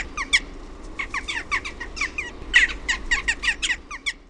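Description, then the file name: Western jackdaw calls, a rapid run of short, sharp, high squeaky notes tumbling over one another, with low background rumble throughout. "NAAKKA"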